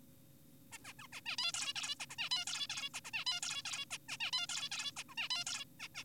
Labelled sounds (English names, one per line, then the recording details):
Zebra Finch
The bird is an adult
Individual g4p5U